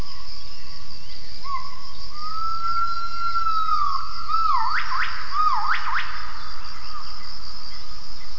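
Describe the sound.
Gibbon call: a long, steady whistled note that rises slightly, then several quick swooping notes that shoot upward and fall, over a constant hiss.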